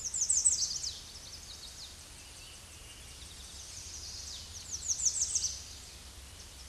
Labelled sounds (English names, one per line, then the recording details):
American Redstart song
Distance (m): 10 m
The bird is about 5 m above the microphone
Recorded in a Pennsylvania forest on 16 May 2024 at 07:41
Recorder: AudioMoth, point MSD-2345
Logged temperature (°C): 15.5 °C
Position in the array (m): 127 m, 215 m